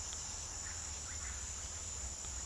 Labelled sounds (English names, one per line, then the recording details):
none
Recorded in pastures near Puerto Asís, Putumayo, Colombia, on 8 March 2025 at 09:00
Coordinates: 0.497, -76.327
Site G072